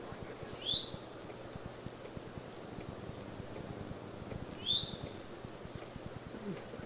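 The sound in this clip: Eastern towhee gives two quick, rising call notes about four seconds apart over steady background noise, with faint high chips between them.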